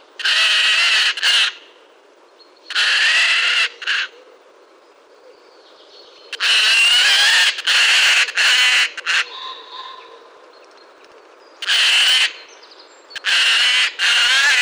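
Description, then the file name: Eurasian jay giving loud, harsh, rasping screeches in bursts of about a second, some doubled, repeated every few seconds against a quiet background. "Garrulus glandarius"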